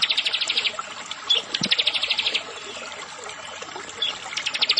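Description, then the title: Prinia song: a rapid high buzzy trill, then another after a short chirp, and a brief burst at the end, over steady faint hiss. "Ciblek Sawah"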